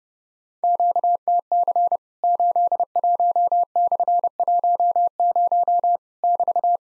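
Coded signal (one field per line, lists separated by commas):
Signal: Morse code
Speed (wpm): 30 wpm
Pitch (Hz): 700 Hz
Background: none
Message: QTC 81/10 <BT>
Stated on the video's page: Morse drill of Worked All Europe DX Contest QTC exchanges at 30 wpm, each sent in Morse, then spoken, then sent again.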